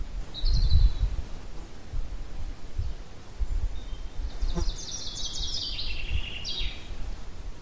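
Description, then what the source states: Bird song: a short high whistle early on, then after a pause a fast descending chattering trill ending in a sharp slur, over low rumbling noise. Pine forest at Ardenno.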